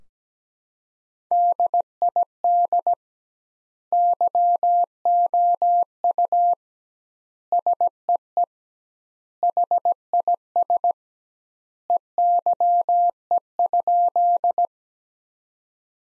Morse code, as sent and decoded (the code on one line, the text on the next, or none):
-.. .. -.. / -.-- --- ..- / ... . . / .... .. ... / . -.-- . ..--..
DID YOU SEE HIS EYE?